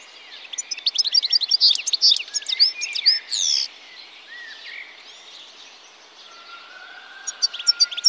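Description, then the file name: European goldfinch song: rapid tinkling, twittering high notes and buzzy trills for about four seconds, then quieter, with a brief burst of notes near the end. "Steglits"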